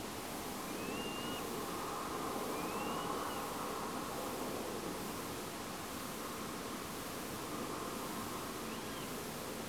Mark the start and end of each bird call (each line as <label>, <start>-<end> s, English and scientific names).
Tawny Owl (Strix aluco), 0.67-1.42 s
Tawny Owl (Strix aluco), 2.39-3.43 s
Tawny Owl (Strix aluco), 8.65-9.07 s